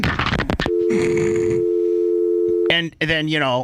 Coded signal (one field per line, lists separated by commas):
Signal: telephone call progress tone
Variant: North America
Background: speech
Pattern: dial tone